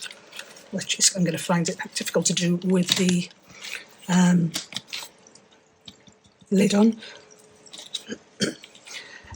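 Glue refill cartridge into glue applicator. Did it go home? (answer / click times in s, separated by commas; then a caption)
yes / 8.0 s. Someone talks while a plastic glue refill cartridge is pushed into the body of a glue applicator until it locks. A sharp click is heard at about 8.0 s, and the cartridge is seated in place.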